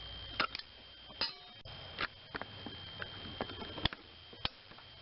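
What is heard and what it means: A click-type torque wrench tightens the third upper intake manifold bolt on a 3.4L GM engine, with ratcheting and tool ticks around the work. The wrench clicks sharply at 3.8 seconds, reaching its 25 foot-pound setting, and the bolt is confirmed torqued.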